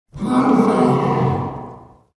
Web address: animal lion